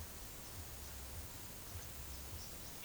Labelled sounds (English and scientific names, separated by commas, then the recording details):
none
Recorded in pastures near Puerto Asís, Putumayo, Colombia, on 24 June 2025 at 11:00
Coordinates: 0.497, -76.327
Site G040